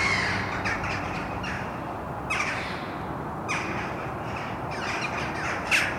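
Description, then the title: Birds giving harsh, rasping calls, a few short bursts spread throughout over a steady background rumble. Birds recorded at Mariahoeve, The Hague, Netherlands, using a Sony PCM D50. "Mariahoeve, Den Haag, Nederland - Vogels mariahieve"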